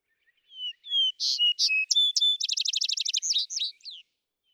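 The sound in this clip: Vesper sparrow song: two slurred whistled notes, then brighter buzzy notes and a fast, even trill, ending with a few softer notes.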